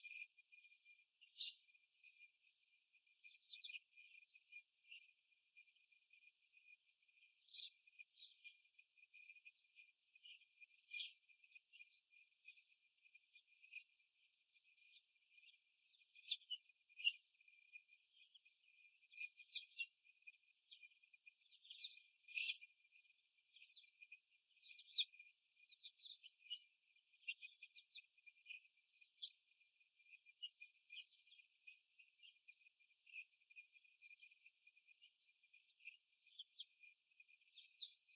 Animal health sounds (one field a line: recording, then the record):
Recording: young laying hens in a cage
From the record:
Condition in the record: after the stressor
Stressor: simulated dog barking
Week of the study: 1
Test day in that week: 1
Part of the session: 1